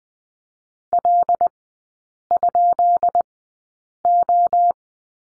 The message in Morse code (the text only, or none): L?O